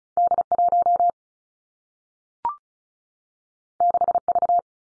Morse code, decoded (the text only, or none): D 1 6 V